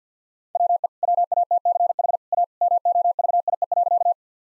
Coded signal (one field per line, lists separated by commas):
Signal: Morse code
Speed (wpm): 50 wpm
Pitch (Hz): 700 Hz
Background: none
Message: WE WATCH A MOVIE.